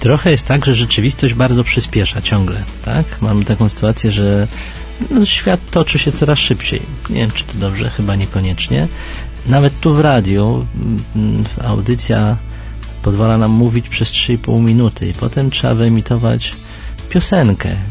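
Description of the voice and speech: A man who used to stutter, and whose speech improved once he stopped feeling discriminated against, speaks fluent, conversational Polish at a steady pace with a normal voice and brief natural pauses.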